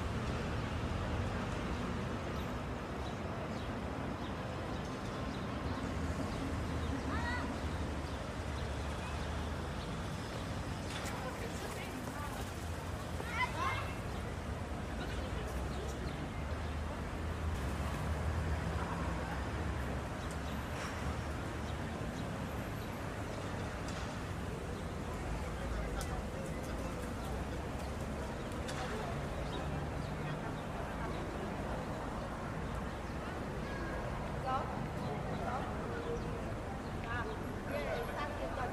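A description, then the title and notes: A busy Italian plaza with a steady wash of overlapping conversation, low traffic rumble underneath, and scattered brief clicks and voices rising throughout. Plaza Di Pietro. The sounds of a busy plaza in Italy. You can hear the sound of Italian conversations, footsteps, and traffic.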